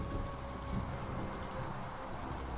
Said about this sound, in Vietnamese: Tại thôn Cát Dương, trời mưa như là thác đổ,